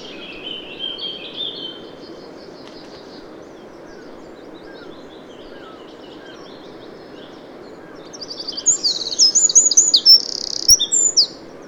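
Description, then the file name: Eurasian wren song: faint high twittering at first, then a loud burst of rapid sharp notes and trills near the end. "Troglodytes troglodytes"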